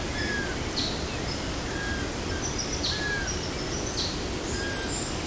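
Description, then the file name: Swainson's flycatcher giving soft, short whistled notes that slur slightly downward, repeated several times, with higher sharp notes over a steady hiss of background noise. Recorded in a botanical garden in São Paulo, Brazil, on 7-11-15. "Myiarchus-swainsoni-Jd Botanico SP-BR-7-11-15-ASilveira"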